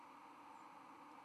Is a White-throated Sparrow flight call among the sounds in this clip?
yes